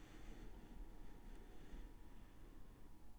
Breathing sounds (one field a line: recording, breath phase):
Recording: one breath near a microphone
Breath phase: inhalation